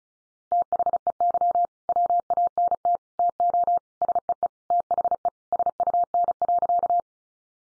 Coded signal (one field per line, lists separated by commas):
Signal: Morse code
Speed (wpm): 34 wpm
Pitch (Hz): 700 Hz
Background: none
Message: THEY WANT TO SEE THE SUN.